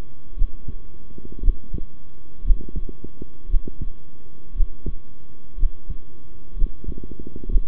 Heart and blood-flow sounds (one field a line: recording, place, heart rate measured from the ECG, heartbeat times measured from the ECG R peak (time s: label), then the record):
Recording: heart sounds by stethoscope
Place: between the tricuspid and mitral areas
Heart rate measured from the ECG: 59 bpm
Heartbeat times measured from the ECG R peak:
0.36 s: heartbeat
1.42 s: heartbeat
2.44 s: heartbeat
3.48 s: heartbeat
4.54 s: heartbeat
5.57 s: heartbeat
6.55 s: heartbeat
7.48 s: heartbeat
From the record:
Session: rest, sitting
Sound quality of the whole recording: good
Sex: male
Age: 23 years